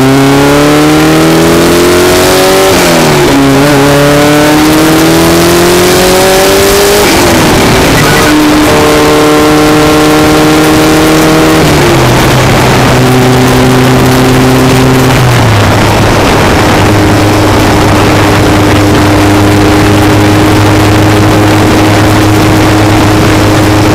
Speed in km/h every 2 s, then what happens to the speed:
74, 82, 105, 116, 114, 118, 114, 114, 109, 109, 113, 111.
0-5 speeds up to 116. 5-24 steady at about 114.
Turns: none.